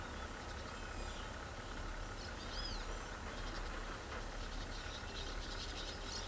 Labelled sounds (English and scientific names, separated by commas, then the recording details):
Great Kiskadee (Pitangus sulphuratus), Orange-chinned Parakeet (Brotogeris jugularis)
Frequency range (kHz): Great Kiskadee (Pitangus sulphuratus) 2.2-7.2 kHz; Orange-chinned Parakeet (Brotogeris jugularis) 2.3-11.0 kHz
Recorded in pastures near Pivijay, Magdalena, Colombia, on 1 June 2023 at 14:30
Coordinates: 10.456, -74.369
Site P6-G026